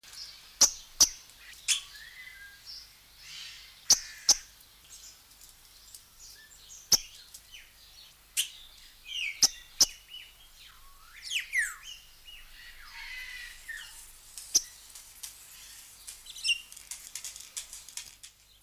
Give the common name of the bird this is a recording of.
Ocellated Turkey